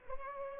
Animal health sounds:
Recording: mosquito wingbeat signal from an infrared sensor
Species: Culex pipiens

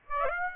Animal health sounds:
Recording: mosquito wingbeat signal from an infrared sensor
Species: Aedes aegypti

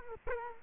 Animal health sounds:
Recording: mosquito wingbeat signal from an infrared sensor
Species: Culex quinquefasciatus

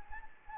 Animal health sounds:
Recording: mosquito wingbeat signal from an infrared sensor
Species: Anopheles gambiae

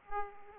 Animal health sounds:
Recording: mosquito wingbeat signal from an infrared sensor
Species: Aedes aegypti

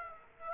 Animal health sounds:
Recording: mosquito wingbeat signal from an infrared sensor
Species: Aedes aegypti

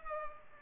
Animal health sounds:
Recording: mosquito wingbeat signal from an infrared sensor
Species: Culex pipiens

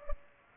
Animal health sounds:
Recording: mosquito wingbeat signal from an infrared sensor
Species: Culex pipiens

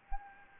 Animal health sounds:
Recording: mosquito wingbeat signal from an infrared sensor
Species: Anopheles gambiae

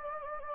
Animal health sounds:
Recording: mosquito wingbeat signal from an infrared sensor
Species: Anopheles gambiae

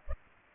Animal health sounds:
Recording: mosquito wingbeat signal from an infrared sensor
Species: Culex pipiens

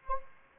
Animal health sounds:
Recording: mosquito wingbeat signal from an infrared sensor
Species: Anopheles arabiensis

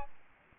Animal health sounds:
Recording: mosquito wingbeat signal from an infrared sensor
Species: Aedes albopictus

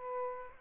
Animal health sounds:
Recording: mosquito wingbeat signal from an infrared sensor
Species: Aedes aegypti

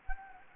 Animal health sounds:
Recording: mosquito wingbeat signal from an infrared sensor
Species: Anopheles gambiae

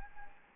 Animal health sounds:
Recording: mosquito wingbeat signal from an infrared sensor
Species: Anopheles gambiae

